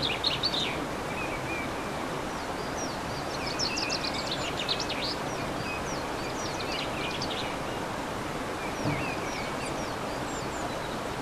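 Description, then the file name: Scattered bird song: brief high trills and chirping phrases come and go amid steady background noise. Recorded on 15 March 2014 with an MZ-N 710 recorder. "MZ-N 710 Chants d oiseaux 15 03 14"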